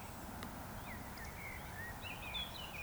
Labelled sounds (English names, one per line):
Eurasian Woodcock whistle